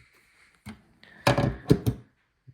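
A new plastic fuel door ejector on a 2006–2011 BMW 328i, with its rubber boot fitted over it, is pushed into the fuel filler housing to fix a gas door that won't close. Faint handling noises and a soft knock at 0.7 s are followed by a loud, dull thunk at 1.3 s as the ejector clips in and seats. A couple of further knocks come around 1.7–1.9 s.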